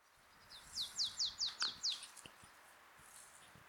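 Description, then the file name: Marsh tit calls: six quick, high, downslurred notes in a fast burst, followed by a couple of softer chips and quiet background. "Poecile palustris"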